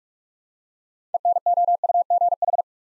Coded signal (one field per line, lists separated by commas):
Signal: Morse code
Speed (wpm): 44 wpm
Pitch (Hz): 700 Hz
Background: none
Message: ENOUGH